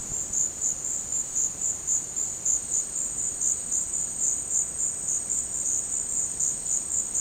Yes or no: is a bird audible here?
no